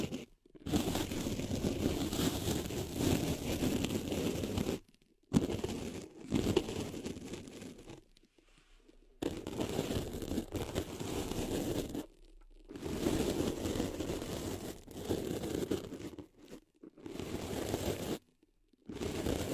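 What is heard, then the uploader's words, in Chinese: Ear cleaning with no voice: dense crackly, crinkling scraping sounds fill most of the clip in bursts lasting a few seconds. Short silent gaps break it up near 0.5, 5, 9, 12.5, 16.5 and 18.5 seconds, with a sparser, quieter stretch around 7 to 9 seconds. 无人声采耳助眠。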